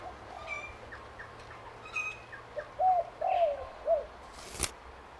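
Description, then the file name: Spotted dove cooing: a phrase of soft, hoarse coos with a drawn-out falling note, over faint chirps of other birds and a sharp click near the end. "BIRD SPOTTED TURTLE DOVE CALL"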